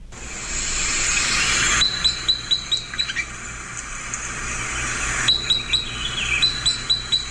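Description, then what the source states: Red Crossbill flight calls: thin, dry, clipped notes repeated in irregular runs of several, with a broad rushing hiss in the background. Call type 10, Sitka spruce crossbill; very dry, thin call recalling an Empidonax flycatcher whip note; described in 2010; most common in west coast Sitka spruce coastal forests.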